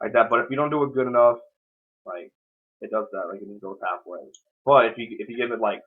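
A plastic Ranger key is handled at a toy license morpher, where a weak push doesn't make it click and it needs enough force to click into the holder. Someone talks in bursts with short pauses throughout. Nothing has seated or clicked yet.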